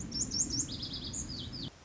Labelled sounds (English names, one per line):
Lazuli Bunting